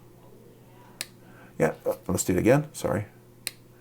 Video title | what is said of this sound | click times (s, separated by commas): Reviewing the Dark Bolt Arcus knife… a button linerlock that is a fidget frenzy of fun! | and it clicks right in there you go very nice I like that | 3.5 s